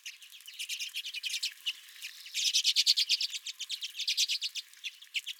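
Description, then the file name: Redpolls giving rapid, dry chattering chips, many overlapping in bursts, growing louder and denser mid-way before easing off. Several redpolls at a home feeder. "Redpolls at My Feeder"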